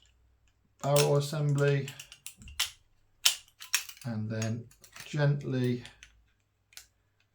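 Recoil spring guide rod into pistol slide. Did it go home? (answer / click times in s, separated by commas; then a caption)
no / none. During reassembly of a Springfield XDM 4.5mm CO2 BB pistol, the recoil spring guide rod is gently positioned in the slide while someone talks. Brief light clicks and taps of handling are heard between the words. The guide rod has not seated or clicked into place yet.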